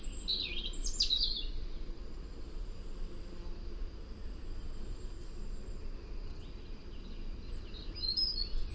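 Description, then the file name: European robin producing one short, high, tumbling phrase of thin notes early on, then a faint brief twitter at the end, over constant low rumbling noise. "Erithacus rubecula"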